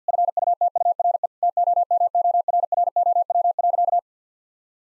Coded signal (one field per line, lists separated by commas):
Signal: Morse code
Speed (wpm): 50 wpm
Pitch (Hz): 700 Hz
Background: none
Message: FUTURE TOMORROW.